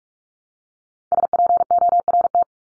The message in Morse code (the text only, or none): SPORT